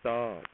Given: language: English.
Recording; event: throat vibration sensor signal played as sound; speech